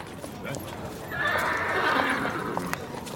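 A horse being led by a man lets out a drawn-out, high whinny lasting over a second, while sharp hoof clip-clops tap irregularly before, during and after it.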